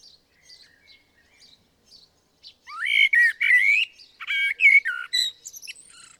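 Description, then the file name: Blackbird song opening with soft notes, then a loud rolling flute-like phrase and a jumbled, scratchy high twitter at the end. "Turdus merula"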